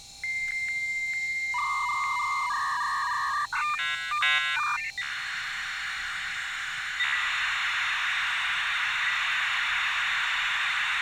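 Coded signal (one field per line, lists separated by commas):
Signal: dial-up modem handshake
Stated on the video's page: 56K USB dial-up modem connecting through a two-way phone line simulator to a Raspberry Pi acting as dial-up ISP.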